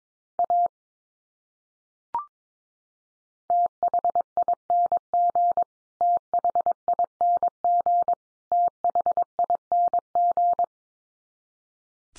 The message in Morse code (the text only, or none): A THING THING THING